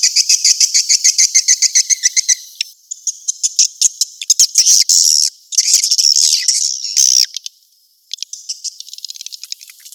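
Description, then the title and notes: Swiftlet calls: evenly spaced clicking chirps, then bursts of rasping chatter separated by short gaps and a brief near-silence. Sound used for swiftlet farming in Asia. "Swiflet Bird Sound. Farming Swiflet Bird asia sound"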